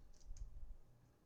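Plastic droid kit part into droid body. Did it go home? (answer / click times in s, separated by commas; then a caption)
no / none. A plastic part of a build-it-yourself astromech droid kit is handled and pressed toward its mount in the droid body, producing a few light plastic ticks and taps, with a brief sharp one near 0.4 s, over a low background rumble. The part has not seated or clicked into place yet.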